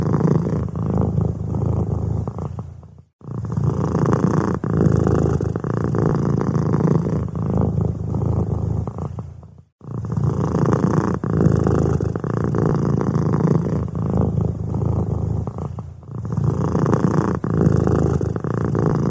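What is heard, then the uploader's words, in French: A cat purrs in a steady, low, rumbling flow. The purring comes in long phrases broken by brief silent pauses near 3, 10 and 16 seconds, as the cat draws breath, then resumes at the same even level. Ronronnements de chat. Le doux ronronnement d'un chat.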